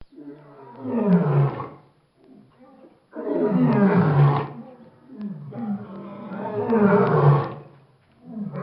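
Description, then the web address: Lion giving long, rough, low roars roughly every three seconds, with quieter grunting sounds in the gaps between them. "Lion-Roar"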